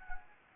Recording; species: mosquito wingbeat signal from an infrared sensor; Anopheles gambiae